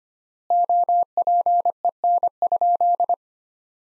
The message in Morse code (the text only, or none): OPEN?